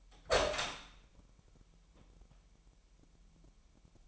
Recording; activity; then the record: daily activity, microphone in the room; open door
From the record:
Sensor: 1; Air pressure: 998.4 hPa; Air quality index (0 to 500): 133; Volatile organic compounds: 4 ppm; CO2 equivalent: 1599 ppm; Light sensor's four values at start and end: 18/61/24/25 and 18/61/24/25